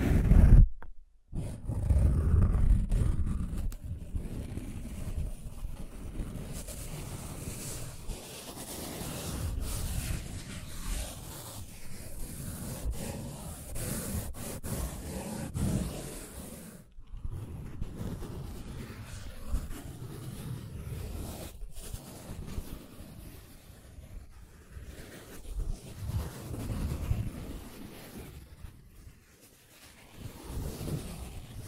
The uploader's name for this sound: Scratching & Tracing